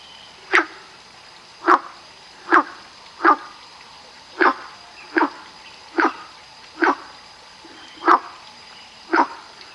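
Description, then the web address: Frog calls: about ten short, harsh, hoarse single notes, repeated over a steady faint hiss. Recorded 22 June 2019. "frog rec 18-20 20190622"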